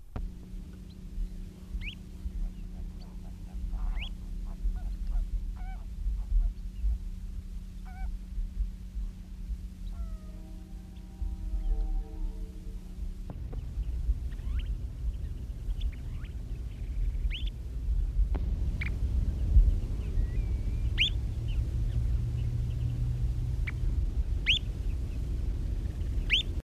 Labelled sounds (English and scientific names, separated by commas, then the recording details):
White-fronted Plover (Charadrius marginatus) alarm call
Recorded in captivity
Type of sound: alarm call
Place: Walfischbai
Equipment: Halbspur, 9,5 cm/s
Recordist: Lütgens, Hans
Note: Warnend